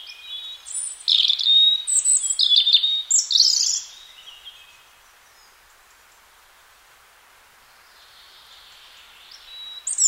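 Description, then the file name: European robin singing a four-second phrase of high whistles and trills, then a pause with a few faint notes before another loud note at the close. "Erithacus rubecula"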